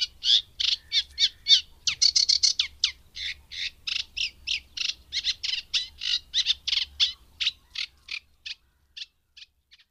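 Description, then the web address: Eurasian reed warbler singing a rhythmic, grating chatter of repeated churring notes that slows and thins out toward the end. "agykontroll Madardalok Cd 3. Cserregő nádiposzáta"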